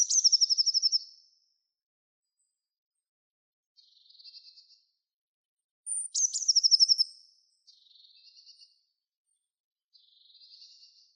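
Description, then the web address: Bird song: two loud bright, fast trills, the second opening with a thin high note, with softer buzzy trills between and after them. No other sounds. "Deverinetal 2025 Bird Only"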